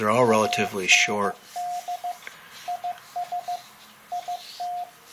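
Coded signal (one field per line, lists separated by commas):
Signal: Morse code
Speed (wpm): 14 wpm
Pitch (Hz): 710 Hz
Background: speech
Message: AND IS IT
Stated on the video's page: Morse code sent at 15 wpm.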